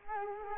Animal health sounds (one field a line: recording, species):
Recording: mosquito wingbeat signal from an infrared sensor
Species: Culex quinquefasciatus